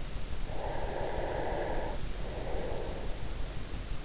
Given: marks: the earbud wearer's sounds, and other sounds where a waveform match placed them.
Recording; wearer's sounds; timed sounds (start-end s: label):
sounds in sleep by an in-ear microphone; breath
0.55-3.24 s: breath